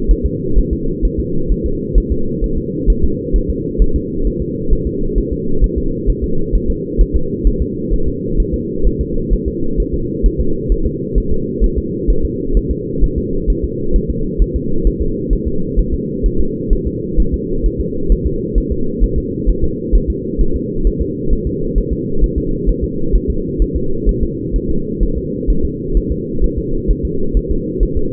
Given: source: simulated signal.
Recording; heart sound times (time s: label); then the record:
fetal heart sounds
0.11 s: S1
0.26 s: S2
0.58 s: S1
0.73 s: S2
1.05 s: S1
1.20 s: S2
1.51 s: S1
1.66 s: S2
1.98 s: S1
2.12 s: S2
2.44 s: S1
2.58 s: S2
2.90 s: S1
3.04 s: S2
3.36 s: S1
3.50 s: S2
3.82 s: S1
3.96 s: S2
4.27 s: S1
4.42 s: S2
4.73 s: S1
4.87 s: S2
5.18 s: S1
5.32 s: S2
5.64 s: S1
5.78 s: S2
6.09 s: S1
6.24 s: S2
6.55 s: S1
6.70 s: S2
7.01 s: S1
7.16 s: S2
7.47 s: S1
7.62 s: S2
7.93 s: S1
8.08 s: S2
8.40 s: S1
8.54 s: S2
8.87 s: S1
9.01 s: S2
9.33 s: S1
9.48 s: S2
9.80 s: S1
9.94 s: S2
10.26 s: S1
10.40 s: S2
10.72 s: S1
10.86 s: S2
11.18 s: S1
11.32 s: S2
11.64 s: S1
11.78 s: S2
12.10 s: S1
12.25 s: S2
12.57 s: S1
12.71 s: S2
13.04 s: S1
13.18 s: S2
13.50 s: S1
13.64 s: S2
13.96 s: S1
14.10 s: S2
14.42 s: S1
14.56 s: S2
14.87 s: S1
15.02 s: S2
15.33 s: S1
15.47 s: S2
15.79 s: S1
15.94 s: S2
16.26 s: S1
16.40 s: S2
16.73 s: S1
16.87 s: S2
17.20 s: S1
17.34 s: S2
17.66 s: S1
17.80 s: S2
18.12 s: S1
18.27 s: S2
18.58 s: S1
18.72 s: S2
19.04 s: S1
19.18 s: S2
19.49 s: S1
19.64 s: S2
19.95 s: S1
20.10 s: S2
20.41 s: S1
20.56 s: S2
20.87 s: S1
21.02 s: S2
21.33 s: S1
21.47 s: S2
21.78 s: S1
21.92 s: S2
22.24 s: S1
22.38 s: S2
22.69 s: S1
22.84 s: S2
23.15 s: S1
23.30 s: S2
23.62 s: S1
23.76 s: S2
24.09 s: S1
24.23 s: S2
24.56 s: S1
24.70 s: S2
25.03 s: S1
25.17 s: S2
25.50 s: S1
25.65 s: S2
25.97 s: S1
26.12 s: S2
26.44 s: S1
26.58 s: S2
26.91 s: S1
27.05 s: S2
27.37 s: S1
27.51 s: S2
27.83 s: S1
27.97 s: S2
From the record:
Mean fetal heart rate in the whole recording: 130 bpm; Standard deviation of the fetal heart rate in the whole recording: 2 bpm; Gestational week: 36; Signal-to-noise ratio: -8.1 dB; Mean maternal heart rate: 72 bpm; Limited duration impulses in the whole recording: absent